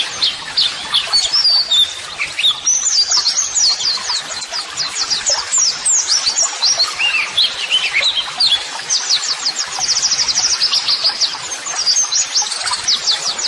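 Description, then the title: White-eye song: sustained bright, high twittering with buzzy rapid trills and sweeping chirps, continuous throughout. White-eye singing vigorously ('gacor'), used as a model song (masteran) for training. "Pleci Gacor MASTERAN TERAPI PLECI"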